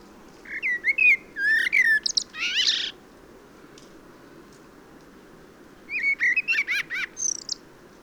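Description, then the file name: Common blackbird song: two bursts of warbled phrases, low fluty notes rising into high squeaky twitters, separated by about three seconds of quiet. "Turdus merula"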